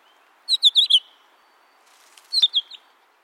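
Pine grosbeak giving two quick bursts of three to four clear, falling whistled notes, the second burst softer, separated by about a second and a half of quiet.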